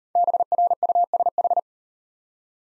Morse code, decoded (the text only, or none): BRUSH